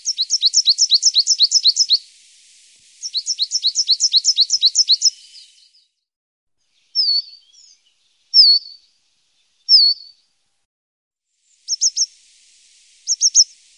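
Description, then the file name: Coal tit repeating rapid high double notes in two long bursts, followed by thin, sharp single and paired notes spaced a second or more apart. "Svartmes"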